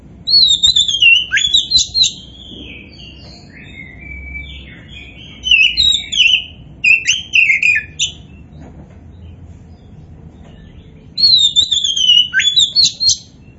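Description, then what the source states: Oriental magpie-robin song: repeated loud whistled phrases with sharp downward slurs and quick chips, given in three bursts with brief pauses. Indonesian variety kacer poci, described as gacor, singing vigorously.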